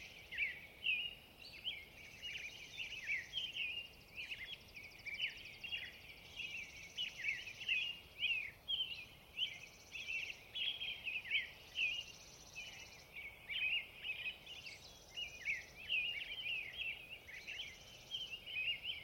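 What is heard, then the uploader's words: Dawn chorus in a subalpine meadow and forest: many birds sing at once in a dense, continuous tangle of bright chirps and trills, with fresh phrases overlapping every second. A soft, steady hiss lies underneath, and a thin high insect-like buzz comes and goes. Recently I had the pleasure to spend several days recording on the wonderfully-named Skull and Crossbones Ridge in the Loomis Natural Resources Conservation Area in Okanogan County. Subalpine wet meadow, mountain sagebrush scrub, and forest consisting of Lodgepole Pine, Subalpine Fir, and Alpine Larch.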